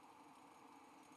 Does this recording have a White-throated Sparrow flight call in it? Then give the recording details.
no. No flight call is heard. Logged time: 04:01 on 5 December 2014